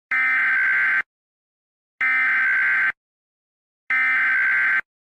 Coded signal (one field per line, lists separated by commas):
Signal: Emergency Alert System (SAME) tones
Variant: header bursts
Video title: EAS CHILD ABDUCTION EMERGENCY 1/11/21